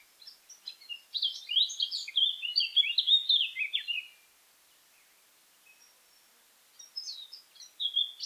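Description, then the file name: Eurasian blackcap singing a quick, jumbled warble of high chirping notes for about four seconds, silence, then a fresh phrase beginning. "Sylvia atricapilla"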